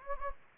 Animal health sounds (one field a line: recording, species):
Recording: mosquito wingbeat signal from an infrared sensor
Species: Anopheles gambiae